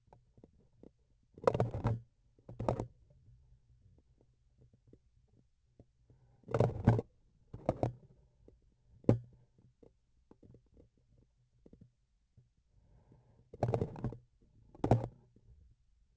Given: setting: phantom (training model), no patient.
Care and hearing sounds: laparoscopic instrument, vibration sensor on the handle end; grasping forceps; opening and closing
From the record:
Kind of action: tool actuation without material contact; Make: other than Olympus

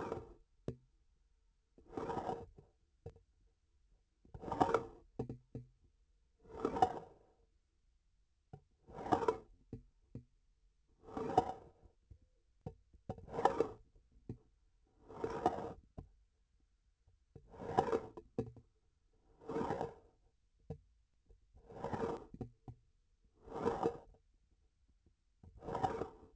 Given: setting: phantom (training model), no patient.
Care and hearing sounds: laparoscopic instrument, vibration sensor on the handle end; grasping forceps; approaching and retracting movements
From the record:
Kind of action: spatial motion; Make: Olympus

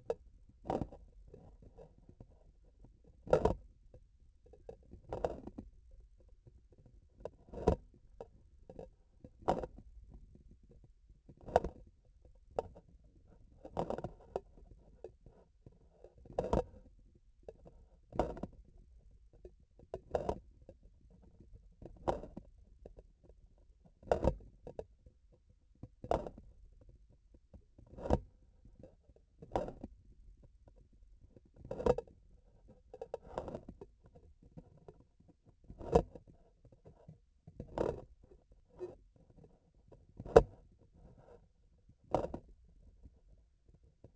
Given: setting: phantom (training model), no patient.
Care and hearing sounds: laparoscopic instrument, vibration sensor on the handle end; grasping forceps; opening and closing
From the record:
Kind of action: tool actuation without material contact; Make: Olympus

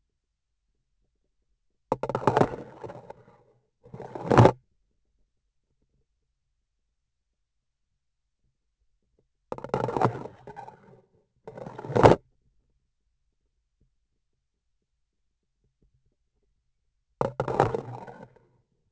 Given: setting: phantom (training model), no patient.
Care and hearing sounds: laparoscopic instrument, vibration sensor on the handle end; grasping forceps; insertion and removal through the trocar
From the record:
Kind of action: spatial motion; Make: other than Olympus

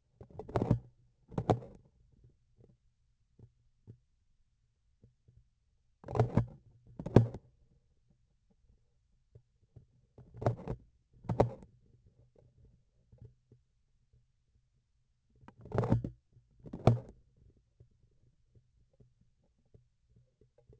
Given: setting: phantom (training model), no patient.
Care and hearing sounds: laparoscopic instrument, vibration sensor on the handle end; grasping forceps; opening and closing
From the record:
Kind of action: tool actuation without material contact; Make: other than Olympus

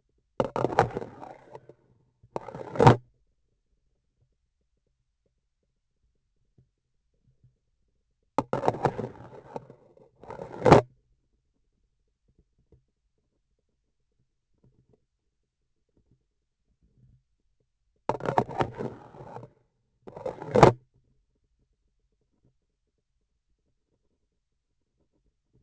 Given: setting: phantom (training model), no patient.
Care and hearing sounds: laparoscopic instrument, vibration sensor on the handle end; grasping forceps; insertion and removal through the trocar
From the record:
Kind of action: spatial motion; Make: other than Olympus

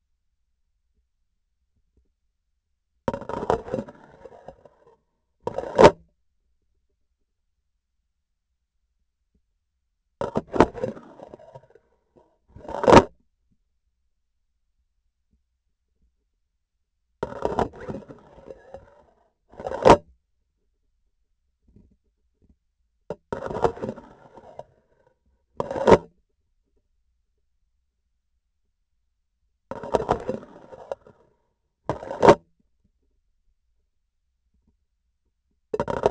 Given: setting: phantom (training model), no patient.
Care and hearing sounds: laparoscopic instrument, vibration sensor on the handle end; grasping forceps; insertion and removal through the trocar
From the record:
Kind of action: spatial motion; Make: other than Olympus

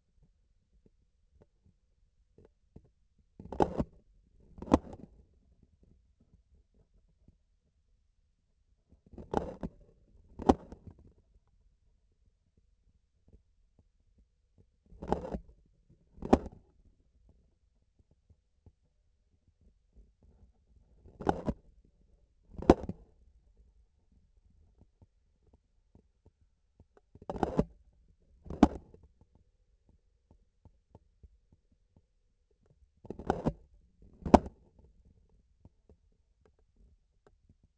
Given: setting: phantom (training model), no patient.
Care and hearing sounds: laparoscopic instrument, vibration sensor on the handle end; grasping forceps; opening and closing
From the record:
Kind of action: tool actuation without material contact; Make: other than Olympus

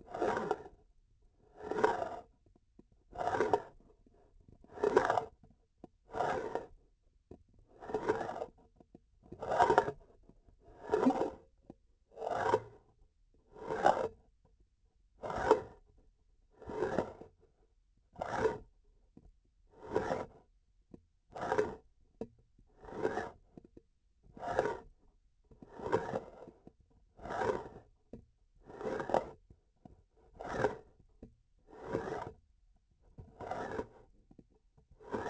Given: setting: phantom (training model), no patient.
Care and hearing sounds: laparoscopic instrument, vibration sensor on the handle end; grasping forceps; approaching and retracting movements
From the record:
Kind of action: spatial motion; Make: Olympus

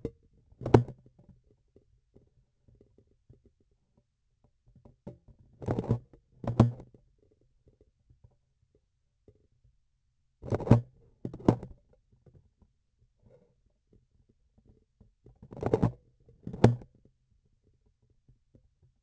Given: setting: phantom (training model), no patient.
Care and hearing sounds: laparoscopic instrument, vibration sensor on the handle end; grasping forceps; opening and closing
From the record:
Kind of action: tool actuation without material contact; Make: other than Olympus

